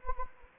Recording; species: mosquito wingbeat signal from an infrared sensor; Anopheles gambiae